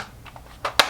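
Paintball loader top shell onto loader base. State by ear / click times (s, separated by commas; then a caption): seated / 0.8 s. The plastic top shell of a paintball loader, taken apart for cleaning, is pressed back onto its base. Faint taps around 0.3 and 0.4 seconds and a louder contact at 0.7 seconds lead into a sharp snap at 0.8 seconds. The shell locks into place and is seated.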